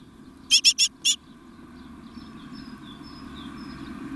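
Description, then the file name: Great tit utters a single burst of four scratchy, buzzy notes, followed by faint thin whistles and a low rumble. "Parus major"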